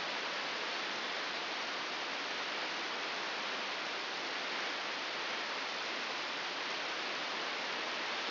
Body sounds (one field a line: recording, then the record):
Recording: brain microelectrode recording played as sound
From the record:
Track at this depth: inside the subthalamic nucleus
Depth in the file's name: 4.208 mm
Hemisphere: right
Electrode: 3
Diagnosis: Parkinson's disease